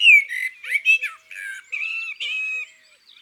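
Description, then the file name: Eurasian magpie giving harsh, squawky calls, a loud grating note first, then several rougher notes over about three seconds before falling quiet. Recorded in the countryside. "Pie bavarde Chants doiseaux dans la campagne"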